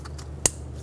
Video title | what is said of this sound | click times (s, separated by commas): How to Replace Fuel Pressure Sensor 2000-2007 Ford Focus | push until you hear a click if you don't give it a push make sure it's locked on | 0.5 s